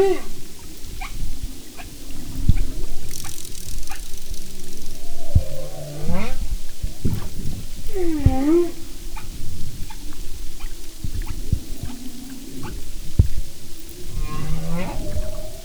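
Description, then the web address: Humpback whale song: low moans and swooping upsweeps, several rising-falling tonal calls with harmonics, and scattered sharp clicks over a deep rumbling background. "Sound and Marine Mammals humpback"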